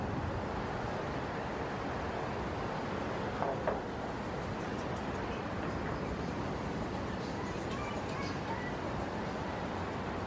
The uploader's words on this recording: Soundscape of Brooklyn Bridge in New York City. It was already after 10pm on Saturday night, but the traffic was still heavy on the bridge. In this recording, you can feel the summer night of Brooklyn, NY.